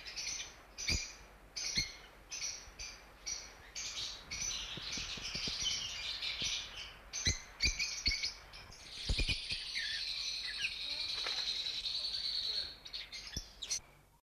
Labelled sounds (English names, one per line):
Yellow-collared Lovebird call